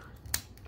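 The plastic foot of a Masterpiece Transformer MP-25 Tracks robot figure is folded forward into its locked position in the leg joint, a joint that does not always click. A sharp, bright click is heard at 0.3 s, followed by a much fainter tick. The foot seats in place.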